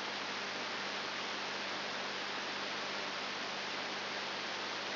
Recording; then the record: brain microelectrode recording played as sound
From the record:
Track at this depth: outside the subthalamic nucleus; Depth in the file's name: 5.7 mm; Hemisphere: left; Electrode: 3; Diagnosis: Parkinson's disease